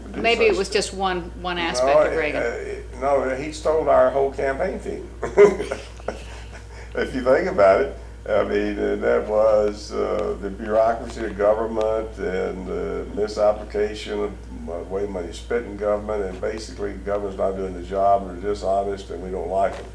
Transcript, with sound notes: Maybe it was just one, one aspect of Reagan.
No, it, no, he stole our whole campaign team, [Chuckling] if you think about it, I mean that was…the bureaucracy of government and the misapplication of m…way of money spent in government and basically government is not doing the job, is dishonest and we don’t like it.